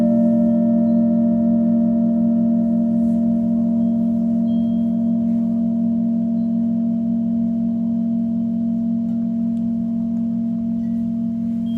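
A singing bowl hums with a steady, sustained low drone, its layered ringing tones holding even for the whole stretch, with faint higher shimmer.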